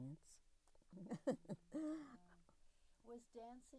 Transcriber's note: laughs